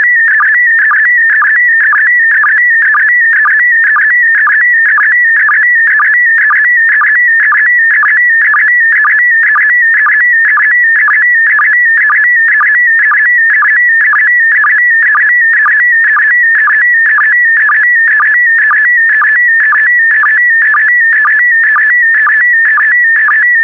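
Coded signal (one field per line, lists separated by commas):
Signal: SSTV (slow-scan television)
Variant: PD120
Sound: continuous warbling tone with a regular chirping blip about twice a second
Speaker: 5, 4, 3, 2, 1. Thank you. Transmission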